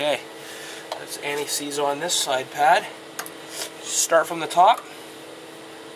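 Someone talks while the outer-side rear brake pad of a 2003 Honda CR-V is handled at the caliper bracket, started at the top to be pushed down into the bracket clips. A couple of brief sharp ticks sound around 3.2 seconds between the speech. Nothing has seated or clicked yet; the clip ends just before the pad snaps in.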